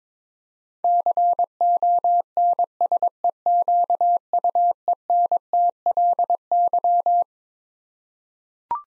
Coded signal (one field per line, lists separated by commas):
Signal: Morse code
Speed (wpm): 22 wpm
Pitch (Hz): 700 Hz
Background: none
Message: CONSEQUENTLY